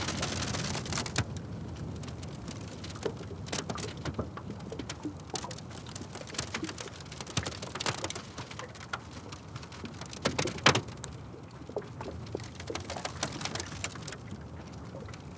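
Wind gusts at the edge of a frozen lake, a steady rough rush dotted with sharp ticks and snaps, loudest near eleven seconds.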